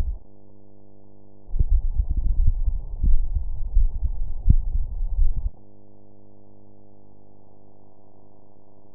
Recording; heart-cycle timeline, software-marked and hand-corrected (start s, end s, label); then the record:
heart sounds
not marked
From the record:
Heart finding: coronary artery disease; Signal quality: poor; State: rest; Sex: male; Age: 53 years